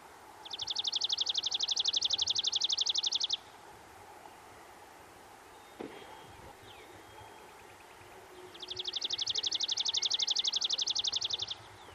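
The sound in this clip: Chipping sparrow song: two dry, even trills of rapid chips, each lasting about three seconds, separated by a pause with one soft click.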